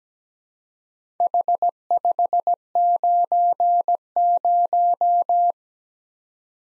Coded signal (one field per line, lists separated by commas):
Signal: Morse code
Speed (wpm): 17 wpm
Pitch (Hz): 700 Hz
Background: none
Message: H590